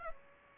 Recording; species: mosquito wingbeat signal from an infrared sensor; Aedes aegypti